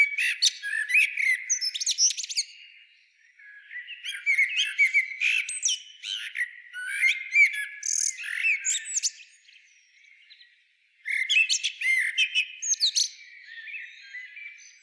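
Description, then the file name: Eurasian blackbird with three bouts of rapid squeaky chattering, clicks and thin whistles, separated by short pauses, the last bout after about two seconds of quiet. "Turdus merula"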